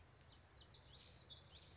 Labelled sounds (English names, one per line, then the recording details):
Common Yellowthroat
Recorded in Sonoma County, California